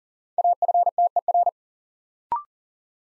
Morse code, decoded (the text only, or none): AFTER